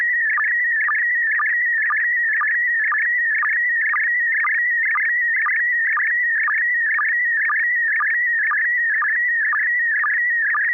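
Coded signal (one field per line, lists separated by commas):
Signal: SSTV (slow-scan television)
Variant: PD120 mode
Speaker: Uh, yeah, I believe I'm ready. Uh, and I have a picture. PD120. >> Go right ahead.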